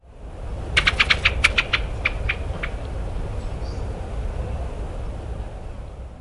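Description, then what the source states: Pale thrush calls: a rapid series of about ten sharp, clicking notes in the first three seconds, fading out, over a constant low traffic-like rumble. Taiwan.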